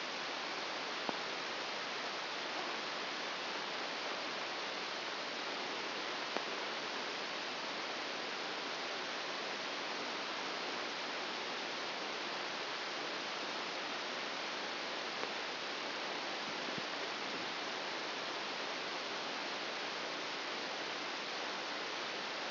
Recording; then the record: brain microelectrode recording played as sound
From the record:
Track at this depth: inside the subthalamic nucleus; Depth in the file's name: 3.502 mm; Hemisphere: left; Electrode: 1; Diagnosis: Parkinson's disease